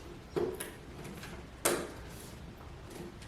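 A DDR4 memory stick is pressed into a motherboard DIMM slot, with a softer tap near 0.4 s and a faint one at 0.6 s before the retention latch gives a sharp, bright click at 1.7 s. The stick is seated, and no one talks in the clip.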